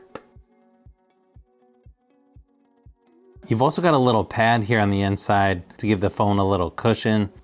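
A Google Pixel 8 Pro smartphone is handled against the hard plastic inner shell of a rugged two-part case. A sharp tap at 0.1 s is followed by faint tonal sound with soft, regularly spaced ticks, then someone talks from about 3.4 s on. The phone has not yet snapped or seated into the shell.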